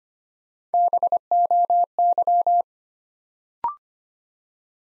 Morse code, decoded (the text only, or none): BOY